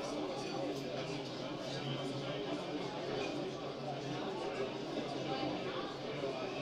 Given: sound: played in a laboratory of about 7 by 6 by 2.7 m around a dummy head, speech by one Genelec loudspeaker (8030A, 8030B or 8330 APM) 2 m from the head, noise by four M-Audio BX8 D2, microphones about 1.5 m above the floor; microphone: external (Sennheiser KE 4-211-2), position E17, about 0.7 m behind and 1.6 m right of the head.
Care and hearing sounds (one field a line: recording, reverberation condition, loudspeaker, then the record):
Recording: cafeteria noise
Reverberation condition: low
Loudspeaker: four, about 170 cm from the corners of the room and facing them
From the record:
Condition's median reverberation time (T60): about 310 ms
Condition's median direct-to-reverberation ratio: about 3.5 dB